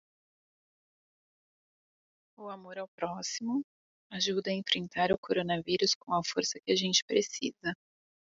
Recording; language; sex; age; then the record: spoken sentence; Brazilian Portuguese; female; 30 to 39 years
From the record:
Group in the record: control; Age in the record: 35 years